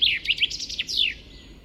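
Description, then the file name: Common chaffinch song fragment: a short run of quick, descending chirpy notes ending in a downward-sweeping flourish. "Fringilla coelebs"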